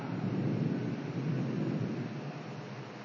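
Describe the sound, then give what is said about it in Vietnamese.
A deep, rolling rumble of thunder from a rainstorm during a Buddhist sermon, sustained and heavy in the low end for a few seconds before easing off slightly. No voices are heard. “Hôm nay chúng tôi thuyết pháp ở trong cái thời điểm trời mưa giông, nên chi có những cái tiếng ồn ào, đó là tiếng sấm chớp.”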